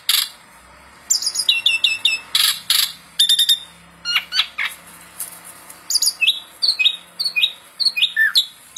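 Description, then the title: Asian pied starling song opens with loud sharp notes and repeated chirps, then a series of short downslurred whistles toward the end. Masteran (tutor) recording for songbirds, meant to fix birds that sing too little and are listless. "Masteran Jalak Suren Atasi Burung KURANG GACOR Dan LOYO"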